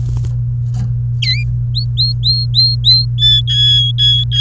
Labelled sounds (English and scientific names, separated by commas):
Domestic Canary (Serinus canaria) song